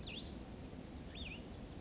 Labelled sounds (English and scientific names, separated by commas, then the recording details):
Cassin's Vireo (Vireo cassinii)
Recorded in Sonoma County, California